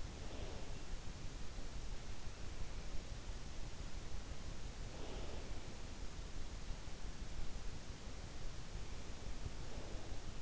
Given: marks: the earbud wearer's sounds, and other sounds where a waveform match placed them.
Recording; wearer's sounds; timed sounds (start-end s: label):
sounds in sleep by an in-ear microphone; breath
0.00-1.50 s: breath
4.80-5.84 s: breath
9.61-10.42 s: breath